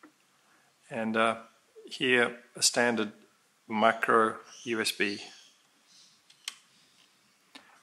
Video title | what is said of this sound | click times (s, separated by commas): Sony RX10 MkIV - USB Micro vs Multiport Charging options explained | a little strange because when you push it in, it doesn't click like a multi adapter from Sony. Just | none